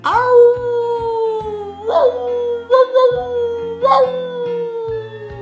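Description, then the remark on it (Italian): Loud, eerie howling from a pursuer giving chase holds long wavering notes, swelling into sharper rising cries three times before settling again, with a low droning layer running underneath throughout. “si getta all'inseguimento, ululando da far spavento.”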